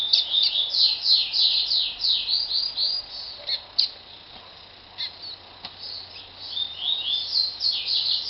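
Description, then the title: Double-collared seedeater song: a fast, high run of buzzy, down-slurred notes, briefly pausing midway before the rapid twittering resumes. "Canto Coleiro"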